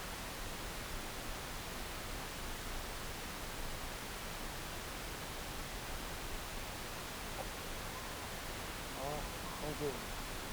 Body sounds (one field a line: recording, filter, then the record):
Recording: brain microelectrode recording played as sound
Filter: wide band, above 20 Hz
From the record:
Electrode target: subthalamic nucleus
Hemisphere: left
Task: reaching with the right hand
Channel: 2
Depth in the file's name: 0.251 mm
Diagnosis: Parkinson's disease